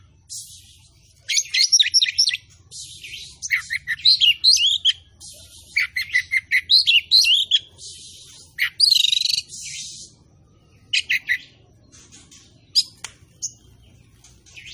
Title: Kacer Langsung Tarung Konslet KACER NGOTOT FULL TEMBAKAN. Kacer gacor